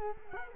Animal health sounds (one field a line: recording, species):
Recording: mosquito wingbeat signal from an infrared sensor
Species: Culex quinquefasciatus